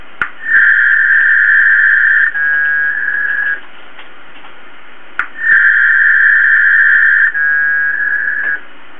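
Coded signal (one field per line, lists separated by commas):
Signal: packet radio (AX.25, as in APRS)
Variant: 300 baud HF packet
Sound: two warbling data bursts of about three seconds each, with clicks at each key-up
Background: radio static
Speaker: i'm going to send just random characters and non-words eight or ten words per line and just see how much throughput we can get over a good connection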